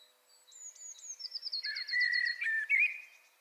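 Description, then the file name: Common blackbird starting with thin high notes repeated in a quick descending series, then a clear mellow whistled phrase with a rising squeaky ending. "Turdus merula"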